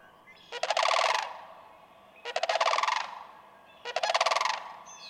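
Sandhill crane utters three loud, gurgling rattle calls at steady intervals of under two seconds, each a rolling burst with a rough, trumpeting tone.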